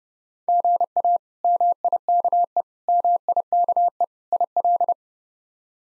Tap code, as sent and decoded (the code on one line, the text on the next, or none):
none